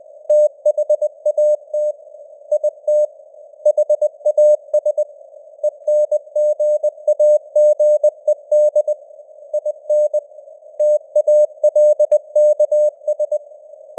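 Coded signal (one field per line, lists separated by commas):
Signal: Morse code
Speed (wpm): 20 wpm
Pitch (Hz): 600 Hz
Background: none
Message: THAT IT HAS ENGAGED IN TALKS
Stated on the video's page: News headlines in Morse at 20 wpm with simulated radio noise and varying signal strength (QSB).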